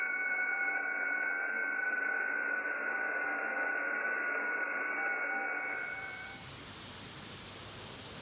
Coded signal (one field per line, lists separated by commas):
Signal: FT8